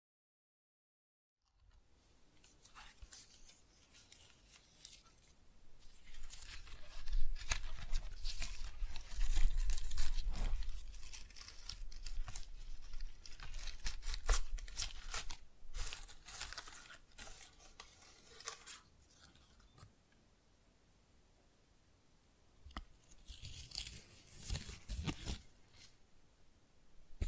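Tingly flower sounds: crisp snipping, crinkling and tearing come in dense bursts from about 5 to 20 seconds, then again near 23 seconds.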